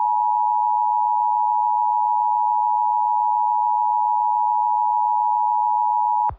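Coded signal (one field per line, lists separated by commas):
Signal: Emergency Alert System (SAME) tones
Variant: 853 and 960 Hz attention tone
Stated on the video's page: Fictional scenario, not a real alert.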